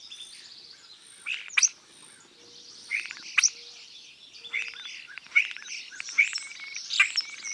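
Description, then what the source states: Starling keeps up a stream of scratchy warbles and sharp clicking notes, louder bursts at irregular intervals, and a soft low hum now and then. Constant calling.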